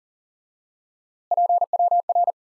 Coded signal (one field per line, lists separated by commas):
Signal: Morse code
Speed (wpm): 40 wpm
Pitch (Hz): 700 Hz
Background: none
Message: PWR